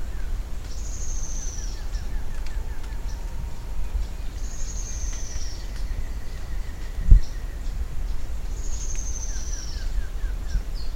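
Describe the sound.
Bird gives high, thin descending whistles repeated about every four seconds, with faint short ticking notes, over a constant low rumble.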